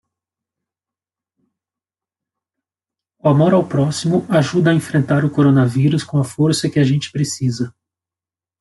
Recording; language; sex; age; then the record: spoken sentence; Brazilian Portuguese; male; 40 to 49 years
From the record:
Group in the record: control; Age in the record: 49 years